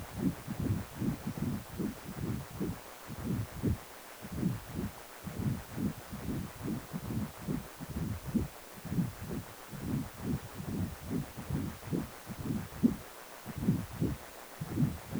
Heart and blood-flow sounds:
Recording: Doppler ultrasound of blood flow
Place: precordium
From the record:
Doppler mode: continuous wave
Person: healthy adult, 18 to 50 years, no heart murmur, not diving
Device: 2.5 MHz transducer

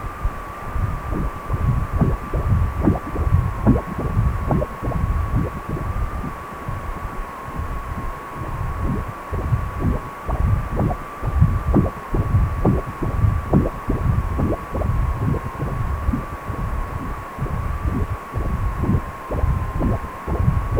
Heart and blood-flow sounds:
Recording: Doppler ultrasound of blood flow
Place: precordium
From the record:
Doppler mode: continuous wave and pulsed wave in the uncut recording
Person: healthy adult, 18 to 50 years, no heart murmur, not diving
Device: 2.5 MHz transducer

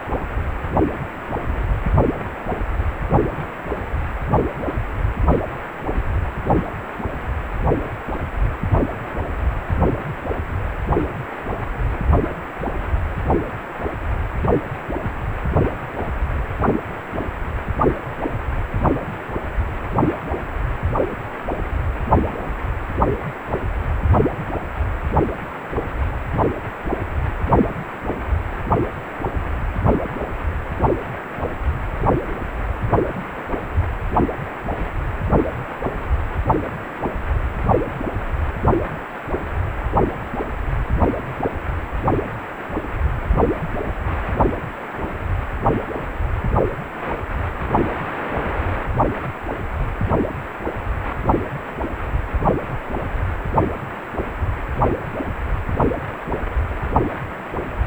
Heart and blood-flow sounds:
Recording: Doppler ultrasound of blood flow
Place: precordium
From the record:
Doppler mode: pulsed wave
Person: healthy adult, 18 to 50 years, no heart murmur, not diving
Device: 2.5 MHz transducer

